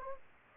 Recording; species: mosquito wingbeat signal from an infrared sensor; Anopheles gambiae